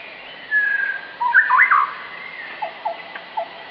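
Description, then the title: White-rumped shama song: a long clear whistle, then a tumbling cluster of looping notes, followed by a run of short, evenly spaced low pips. Pet-bird training (masteran) recording of a shama singing in the vigorous 'gacor' style, meant to teach kept birds to sing. "Suara Murai Batu Gacor"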